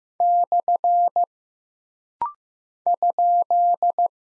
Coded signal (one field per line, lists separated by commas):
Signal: Morse code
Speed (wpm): 15 wpm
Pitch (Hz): 700 Hz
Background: none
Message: / ?